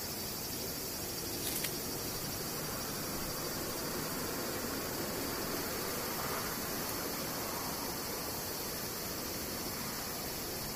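Cicadas drone in a steady, dense high-pitched hiss that never lets up, over a low rumbling wash, with one brief click near the start.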